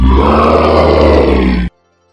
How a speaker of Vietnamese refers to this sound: Quái vật mãng xà đau đớn gào thét một tiếng, thân thể của nó bị đá mạnh đập vào vách núi bên cạnh hàng đầm phát ra rung động kịch liệt.